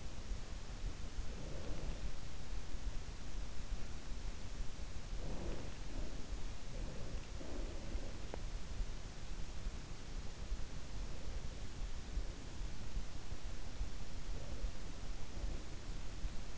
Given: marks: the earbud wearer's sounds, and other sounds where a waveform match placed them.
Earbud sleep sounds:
sounds in sleep by an in-ear microphone; breath, teeth grinding
1.00-2.40 s: breath
4.95-6.45 s: breath
6.68-8.15 s: breath
8.15-8.55 s: teeth grinding
14.08-15.91 s: breath

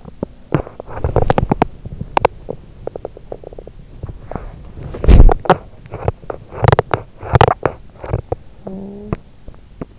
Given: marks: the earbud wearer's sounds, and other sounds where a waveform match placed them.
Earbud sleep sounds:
sounds in sleep by an in-ear microphone; teeth grinding, body movement, talking in sleep
0.00-3.78 s: teeth grinding
3.99-5.35 s: body movement
5.35-8.40 s: teeth grinding
8.40-9.06 s: talking in sleep
9.07-9.92 s: teeth grinding

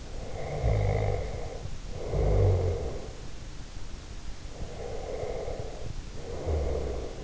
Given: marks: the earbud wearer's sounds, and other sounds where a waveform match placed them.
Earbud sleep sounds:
sounds in sleep by an in-ear microphone; snoring breath, breath
0.00-3.29 s: snoring breath
4.56-7.22 s: breath

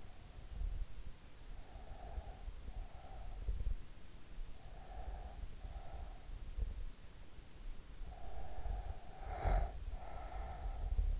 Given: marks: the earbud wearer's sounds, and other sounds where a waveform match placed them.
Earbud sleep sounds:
sounds in sleep by an in-ear microphone; breath, snoring breath
1.76-3.92 s: breath
4.65-7.18 s: breath
7.99-11.20 s: snoring breath

